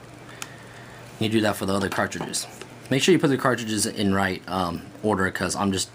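The bottom of a plastic reset chip is slid back onto an ink cartridge, and it snaps into place with one short, sharp click at 0.4 s, leaving the chip seated. Someone then talks.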